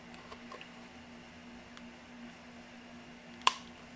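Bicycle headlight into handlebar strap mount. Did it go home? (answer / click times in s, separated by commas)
yes / 3.5 s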